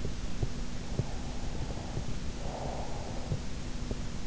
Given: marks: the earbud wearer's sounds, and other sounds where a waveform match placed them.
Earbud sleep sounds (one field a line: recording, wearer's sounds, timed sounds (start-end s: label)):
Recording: sounds in sleep by an in-ear microphone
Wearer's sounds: breath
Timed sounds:
0.99-3.82 s: breath